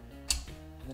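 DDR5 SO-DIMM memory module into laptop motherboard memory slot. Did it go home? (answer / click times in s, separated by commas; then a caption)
yes / 0.3 s. A DDR5 SO-DIMM memory module that has been pushed fully into a laptop motherboard memory slot is pressed down until the metal retention tabs latch it. A sharp, bright click lands at 0.3 s over a low steady hum, followed by a faint tick near the end. The module is seated and latched in the slot with a satisfying click.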